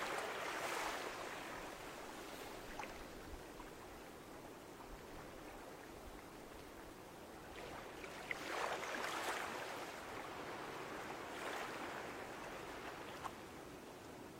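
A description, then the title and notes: Waves wash steadily near a seaside cabin, a constant rushing hiss with brighter surges breaking around one, nine and eleven seconds. Live in a cabin by the sea, breathe in and out, the waves heal the body and mind.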